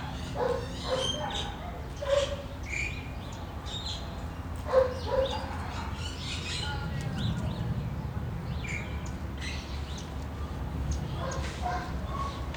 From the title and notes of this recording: Saturday morning in the backyard with planes and birds singing in Phoenix Arizona. The sun was shining, the Fall weather of 76 degrees, the birds chirping.